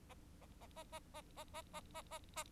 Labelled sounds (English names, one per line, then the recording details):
Bengalese Finch song
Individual Bird4